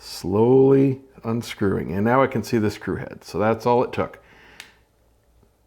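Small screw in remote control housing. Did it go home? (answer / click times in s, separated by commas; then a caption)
no / 4.6 s. A screwdriver unscrews a small screw in a remote control housing while someone talks. At 4.6 s the screwdriver cams out of the screw head with a sharp tick, slipping because too little pressure is applied, and the screw head is left stripped.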